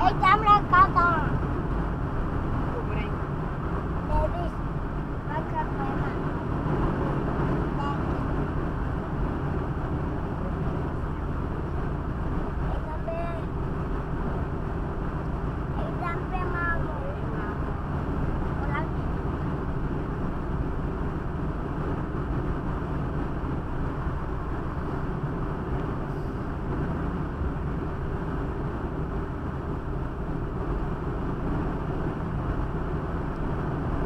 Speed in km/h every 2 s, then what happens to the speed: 80, 80, 80, 79, 78, 73, 73, 74, 75, 73, 74, 73, 73, 73, 74, 76, 78.
0-5 steady at about 80. 5-10 slows to 73. 10-26 steady at about 73.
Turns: none.